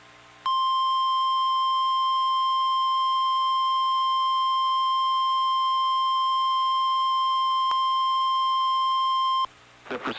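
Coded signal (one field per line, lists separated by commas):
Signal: Emergency Alert System (SAME) tones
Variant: 1050 Hz attention tone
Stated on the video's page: Required Weekly Test relayed by two NOAA Weather Radio stations.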